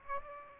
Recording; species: mosquito wingbeat signal from an infrared sensor; Aedes aegypti